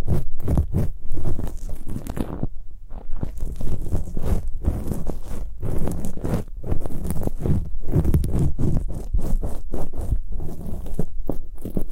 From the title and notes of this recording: Super comfortable ear picking, immersive, multiple props.